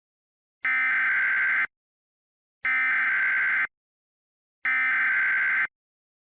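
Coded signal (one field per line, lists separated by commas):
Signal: Emergency Alert System (SAME) tones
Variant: header bursts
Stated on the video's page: Fictional mock tornado warning made on request, with Speechify's Tom voice as the announcer.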